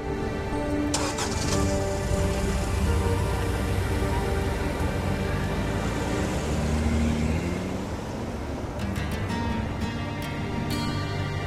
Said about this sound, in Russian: Марина садится в свою машину и уезжает.